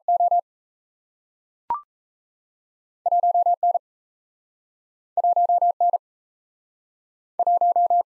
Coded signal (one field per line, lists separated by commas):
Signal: Morse code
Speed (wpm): 38 wpm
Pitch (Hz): 700 Hz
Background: none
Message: O 1N 1N 1